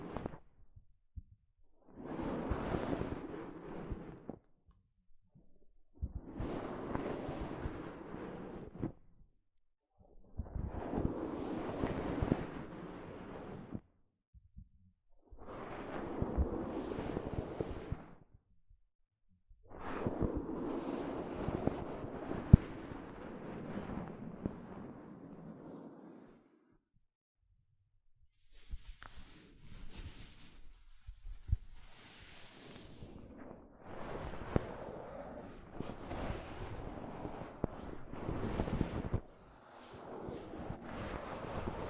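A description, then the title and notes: Soft fabric brushes across a microphone in slow, regular strokes, each a muffled rubbing swell lasting two to three seconds with short silent gaps between. Around 20 seconds a longer stroke trails off into silence, then from about 28 seconds brighter, busier scratchy rubbing continues almost without pause. ASMR Mic Brushing using Soft Fabric (No Talking).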